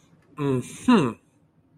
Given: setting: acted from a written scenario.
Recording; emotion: vocal sound without words; triumph